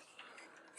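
A plastic part of a Fans Hobby Double Evil (Overlord) transforming robot toy is clipped into place on the robot body during transformation. A single sharp, ratchet-like click sounds at 0.2 s over a quiet background, and the part seats into place.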